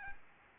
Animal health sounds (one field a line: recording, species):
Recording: mosquito wingbeat signal from an infrared sensor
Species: Aedes albopictus